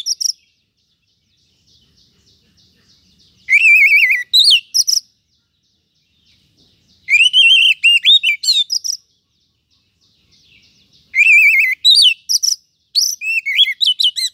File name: Suara Kacer